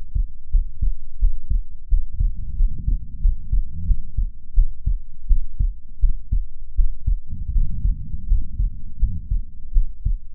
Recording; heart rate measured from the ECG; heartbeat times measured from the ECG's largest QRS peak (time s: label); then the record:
heart sounds by stethoscope; 85 bpm
0.49 s: heartbeat
1.18 s: heartbeat
1.87 s: heartbeat
2.55 s: heartbeat
3.19 s: heartbeat
3.84 s: heartbeat
4.53 s: heartbeat
5.26 s: heartbeat
5.98 s: heartbeat
6.74 s: heartbeat
7.51 s: heartbeat
8.26 s: heartbeat
8.97 s: heartbeat
9.71 s: heartbeat
From the record:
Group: healthy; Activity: rest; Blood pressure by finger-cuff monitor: 100/61 mmHg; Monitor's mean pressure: 76 mmHg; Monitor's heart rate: 86 bpm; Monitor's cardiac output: 6.9 L/min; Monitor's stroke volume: 82 mL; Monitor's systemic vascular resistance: 790 dyn s/cm5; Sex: female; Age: 26 years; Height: 165 cm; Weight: 55 kg